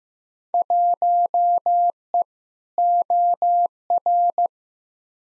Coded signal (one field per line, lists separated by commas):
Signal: Morse code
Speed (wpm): 15 wpm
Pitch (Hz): 700 Hz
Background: none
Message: 1E OR